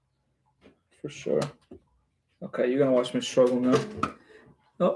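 A plastic LEGO brick is handled on an Eiffel Tower model, about to be pushed onto its studs after some struggle, while someone talks. Nothing has seated or clicked into place yet.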